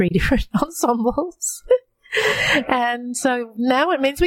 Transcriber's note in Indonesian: tertawa